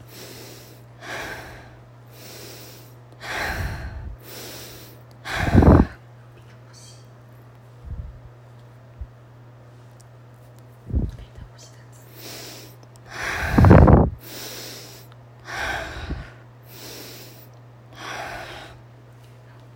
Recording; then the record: deep breathing after running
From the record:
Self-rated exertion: light exertion (2 of 6); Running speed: 5 miles an hour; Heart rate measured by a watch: 94 beats a minute at the start, 96 at the end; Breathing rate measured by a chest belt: 13 breaths a minute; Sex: female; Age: 30 years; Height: 160 cm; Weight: 51 kg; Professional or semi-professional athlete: no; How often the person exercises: 3 to 5 times a week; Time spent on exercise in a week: over 5 hours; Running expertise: no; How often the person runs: 3 to 5 times a week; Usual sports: running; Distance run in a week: 60 km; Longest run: 42 km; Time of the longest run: 267 minutes